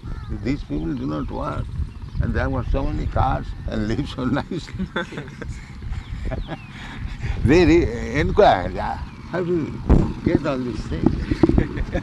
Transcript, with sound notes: that "These people do not work and they have got so many cars and live so nicely?" [laughing] They inquire that "How do you get all these things?"